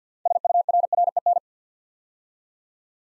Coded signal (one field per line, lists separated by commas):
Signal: Morse code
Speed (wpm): 50 wpm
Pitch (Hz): 700 Hz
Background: none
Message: SURREN